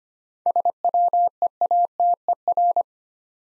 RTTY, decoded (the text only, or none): none